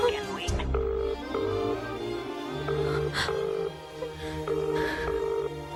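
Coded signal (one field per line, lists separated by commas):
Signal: telephone call progress tone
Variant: UK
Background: speech, music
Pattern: ringback tone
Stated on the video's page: From a Telugu demo film scene.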